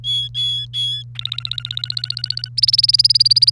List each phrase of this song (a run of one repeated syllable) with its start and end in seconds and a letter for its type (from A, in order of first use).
0.04-1.03 A, 1.15-2.49 B, 2.57-3.52 C